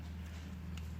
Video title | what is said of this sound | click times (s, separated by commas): RB26DETT Wiring Harness Install - Wiring Specialties | start with that so the harness doesn't fall anywhere always nice to push the pin a little bit listen for that click | 0.8 s